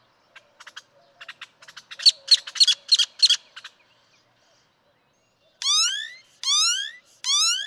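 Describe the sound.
Great-tailed grackle song: a series of dry clicks building into loud harsh rattling notes, then three long rising whistles, each sliding steeply upward.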